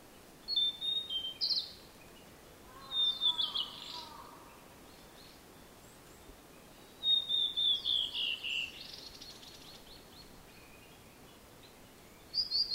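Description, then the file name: Blue-and-white flycatcher singing repeated phrases of bright, descending whistles closed by a rasping buzz, every few seconds, with a faint lower sound under one phrase. "ooruri"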